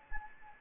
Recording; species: mosquito wingbeat signal from an infrared sensor; Anopheles gambiae